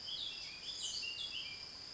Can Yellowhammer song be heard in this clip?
no